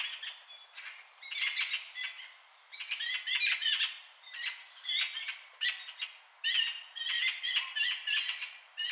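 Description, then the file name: Eurasian magpie chattering: harsh, rasping bursts repeated in uneven runs throughout, scratchy, with brief pauses between groups. "Pica pica"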